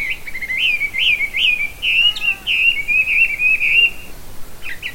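Bird song: a warbling, rolling whistled phrase with repeated upward loops, running steadily for about four seconds, then a brief chirp.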